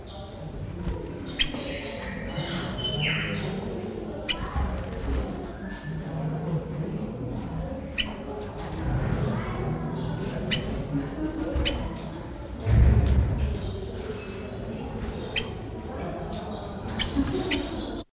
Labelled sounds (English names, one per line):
Black-headed Bulbul call